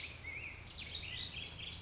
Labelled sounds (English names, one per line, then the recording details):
Black-headed Grosbeak
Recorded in Sonoma County, California